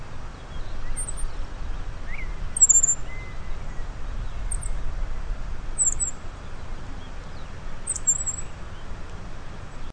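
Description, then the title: Black-masked finch giving short, very high thin notes roughly every one to two seconds, with a few fainter mid-pitched notes over a steady low rumble. Subspecies melanotis. "LuckyPassaro Completos2Sama. Black-masked Finch"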